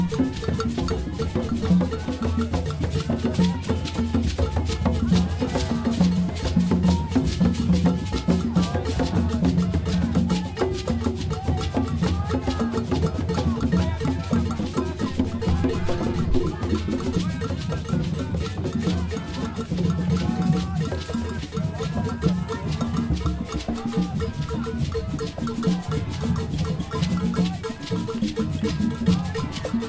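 A large drum circle plays continuously at a nighttime street festival, dense layered drumming with heavy low thumps and rapid, busy hits throughout. Crowd chatter and voices mix in, and the sound stays loud and steady as the listener moves around the circle.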